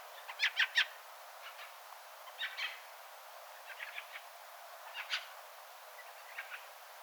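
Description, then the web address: Dusky thrush calling with rapid, dry chack notes, a loud triple burst at the start, then softer scattered clusters throughout. Several dusky thrushes calling in Finland on 24 December 2024, apparently having arrived from far to the east. "paivat 24 12 2024 ilm kaukaa idasta tulleiden rakattirastaiden aantelya"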